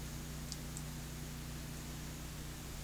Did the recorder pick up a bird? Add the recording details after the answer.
no. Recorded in pastures near Puerto Asís, Putumayo, Colombia, on 21 March 2025 at 12:30. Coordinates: 0.505, -76.324. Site GP08